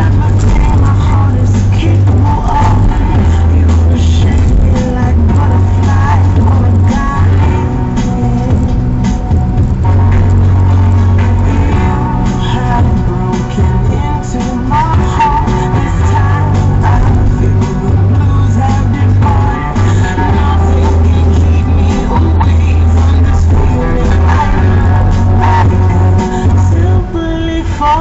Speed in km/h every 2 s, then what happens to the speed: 57, 58, 57, 54, 52, 49, 51, 46, 40, 41, 44, 42, 41, 42.
0-12 steady at about 54. 12-16 slows to 40. 16-28 steady at about 41.